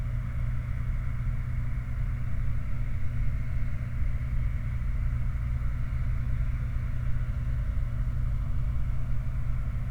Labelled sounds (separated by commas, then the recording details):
machinery, flare stack
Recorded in the Prudhoe Bay oil fields, Alaska, on 28 July 2019 at 23:29
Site 29